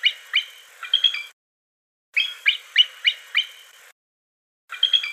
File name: suara burung elang bald. omkicau